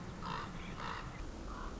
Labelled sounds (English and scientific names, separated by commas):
Common Raven (Corvus corax)